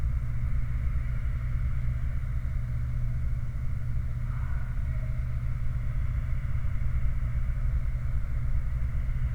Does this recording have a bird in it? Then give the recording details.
no. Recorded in the Prudhoe Bay oil fields, Alaska, on 29 July 2019 at 04:26. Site 29